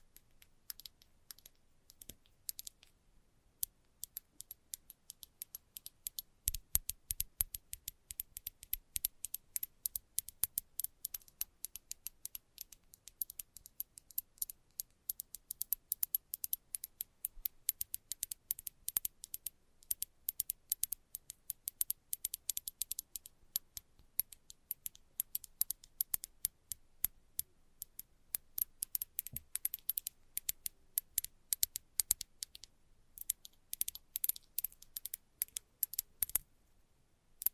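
Quick, light tapping runs through the whole stretch, a dense patter of small, crisp clicks with a bright, dry edge. The pace stays fast but uneven, thinning briefly near the start and around the middle before picking back up in busy bursts.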